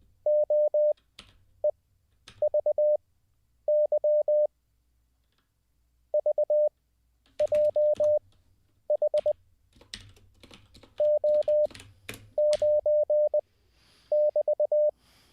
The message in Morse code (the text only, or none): OEVY VJH O9<BT>